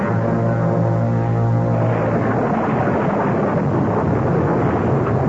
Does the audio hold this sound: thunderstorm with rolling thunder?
yes